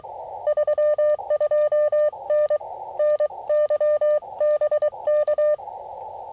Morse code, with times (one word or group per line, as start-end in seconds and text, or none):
0.5-2.6 32N
3.0-5.5 NYBK